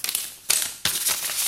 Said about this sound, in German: Reißt einen Umschlag auf, entnimmt ein Papier.